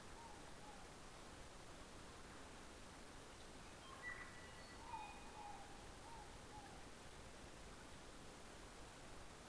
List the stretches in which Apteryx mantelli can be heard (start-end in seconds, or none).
none